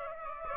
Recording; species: mosquito wingbeat signal from an infrared sensor; Aedes aegypti